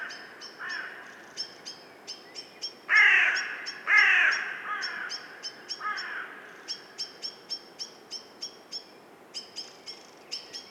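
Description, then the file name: Carrion crow giving two loud, harsh caws about a second apart, with fainter hoarse calls before and after. High clicking ticks repeat steadily throughout. "Corvus corone"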